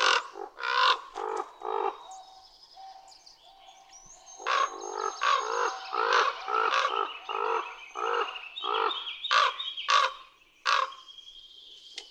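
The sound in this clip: Common raven producing a string of rough croaks, softer for a spell after the opening ones, then louder again, with high whistled notes behind.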